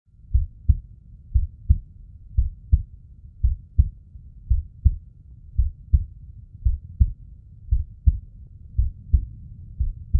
Daily life heartbeat pulse sound.